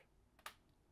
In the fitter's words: a slight click to lock it in place okay let's move to the next step